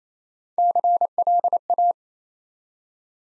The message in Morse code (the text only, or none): CLA